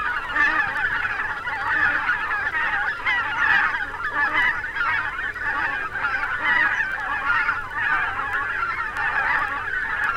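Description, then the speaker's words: Greater white-fronted goose: greater white-fronted geese in a large flock, a steady din of squeaky, yelping honks overlapping throughout. Thousands-strong flocks flying over a river island. "Какой гвалт! Это тысячные стаи белолобых гусей носятся над речным островом."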